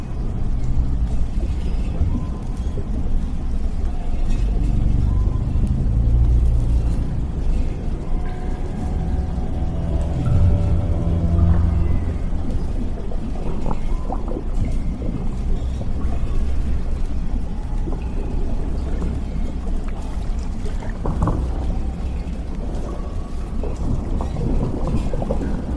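Sci-fi ambience of a damaged underwater lab: a constant deep rumble with low droning tones, watery murmurs, and occasional creaks and knocks.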